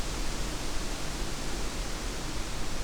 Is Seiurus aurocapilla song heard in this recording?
no